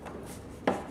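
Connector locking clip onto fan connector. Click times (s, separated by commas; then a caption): 0.7 s. The plastic locking clip on the electric fan connector of a WJ Jeep Grand Cherokee, being reconnected during a radiator install, is pushed closed after the connector is plugged in. After quiet low-level handling noise, a sharp snap is heard at 0.7 s, followed by a second brief hit near 1.0 s. The clip snaps shut and the connector is seated.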